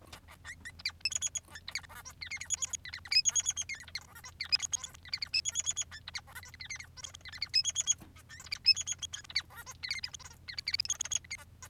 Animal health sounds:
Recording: song of a male Bengalese finch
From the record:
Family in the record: son of father 3

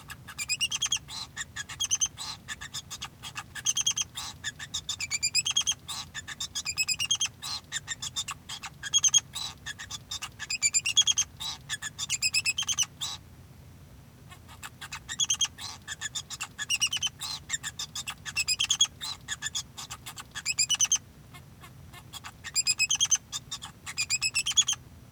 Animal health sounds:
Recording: song of a male Bengalese finch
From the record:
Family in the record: son of father 2

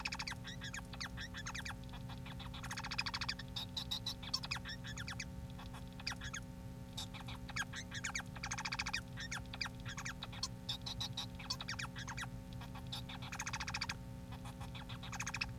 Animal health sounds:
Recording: song of a male Bengalese finch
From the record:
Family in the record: son of father 4

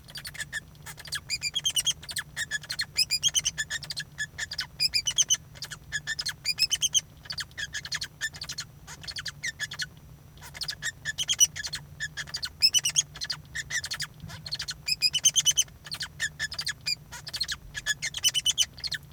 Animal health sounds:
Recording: song of a male Bengalese finch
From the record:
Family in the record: son of father 2

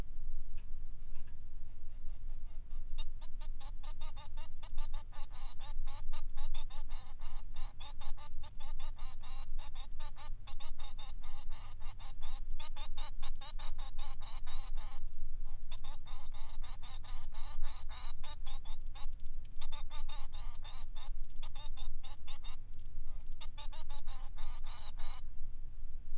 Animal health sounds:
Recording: song of a male Bengalese finch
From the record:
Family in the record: son of father 3

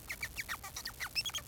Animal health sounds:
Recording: song of a male Bengalese finch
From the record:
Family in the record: son of father 4

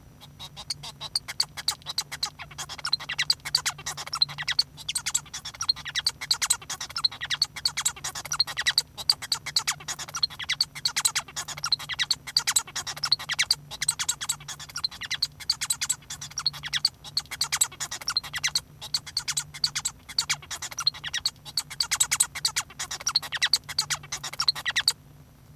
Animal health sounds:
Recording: song of a male Bengalese finch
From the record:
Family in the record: son of father 1

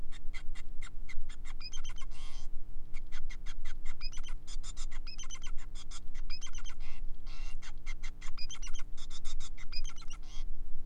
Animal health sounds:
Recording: song of a male Bengalese finch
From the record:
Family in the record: son of father 5

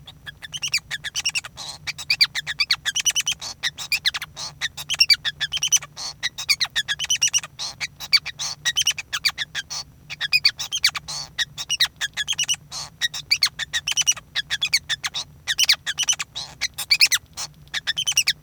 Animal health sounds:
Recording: song of a male Bengalese finch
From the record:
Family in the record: son of father 5

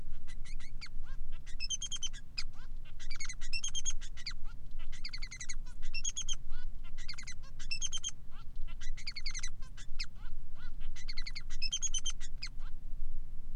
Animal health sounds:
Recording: song of a male Bengalese finch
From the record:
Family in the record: son of father 3

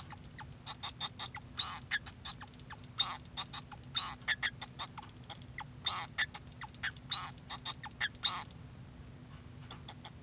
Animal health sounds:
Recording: song of a male Bengalese finch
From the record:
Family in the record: son of father 2

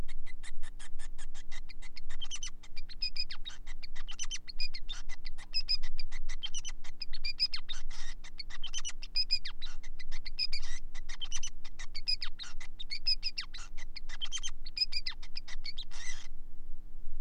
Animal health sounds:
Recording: song of a male Bengalese finch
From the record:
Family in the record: son of father 5

